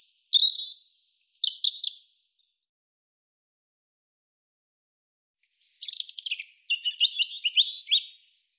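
European robin song: two phrases of high, thin warbles and trills separated by about three and a half seconds of silence, with the second phrase fast and jumbled.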